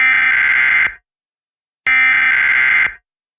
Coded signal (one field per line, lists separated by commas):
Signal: Emergency Alert System (SAME) tones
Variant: header bursts